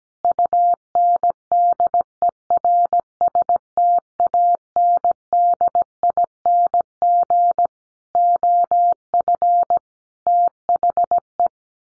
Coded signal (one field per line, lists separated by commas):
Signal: Morse code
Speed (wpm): 17 wpm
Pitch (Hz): 700 Hz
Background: none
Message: UNDERSTANDING OF THE